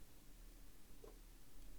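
Plastic laser cannon tubes are handled and lined up on a semicircular peg pattern at the cannon end piece of a scale model, with only faint rustling and low background noise and a brief soft sound near 1.0 s. Nothing has seated or clicked into place yet.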